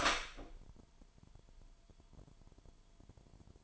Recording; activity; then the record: daily activity, microphone in the room; open door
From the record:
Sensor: 5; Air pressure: 998.5 hPa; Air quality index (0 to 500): 82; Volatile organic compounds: 1 ppm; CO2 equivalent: 930 ppm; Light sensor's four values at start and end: 33/81/34/37 and 34/82/34/37